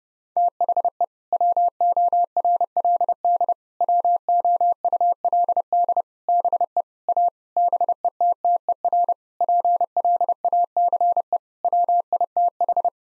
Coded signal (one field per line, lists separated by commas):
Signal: Morse code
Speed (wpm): 30 wpm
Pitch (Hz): 700 Hz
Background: none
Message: THE WORLD WOULD BE A BETTER PLACE WITH